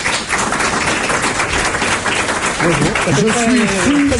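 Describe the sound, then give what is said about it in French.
Sustained applause from a studio audience welcoming the head of France Info, a dense, steady crackle of many hands clapping at even loudness throughout, with a man's voice starting to speak over it in the final second and a half. “Quand on est patron de radio, on n'est pas applaudi en général.”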